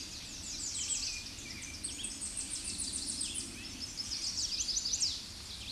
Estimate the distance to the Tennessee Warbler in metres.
about 15 m